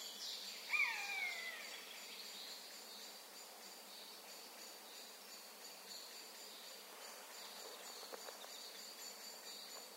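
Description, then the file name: Eurasian jay with one sliding, descending mewing cry near the start, followed by continuous high insect buzzing and a few faint clicks. "Garrulus glandarius"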